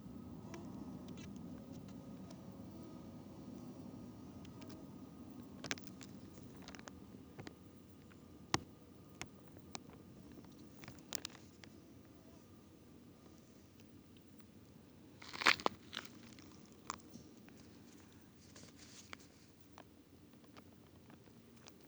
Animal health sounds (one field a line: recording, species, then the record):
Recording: mosquito flight sound by mobile phone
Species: Aedes sierrensis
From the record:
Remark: in a plastic bag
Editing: field recording with all noises